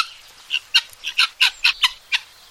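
Guinea fowl calling, several harsh, rasping squawks in quick uneven succession.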